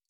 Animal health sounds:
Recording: hydrophone in a shrimp aquaculture tank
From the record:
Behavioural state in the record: feeding

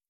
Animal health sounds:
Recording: hydrophone in a shrimp aquaculture tank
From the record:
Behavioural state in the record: feeding

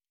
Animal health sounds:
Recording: hydrophone in a shrimp aquaculture tank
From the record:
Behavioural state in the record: normal

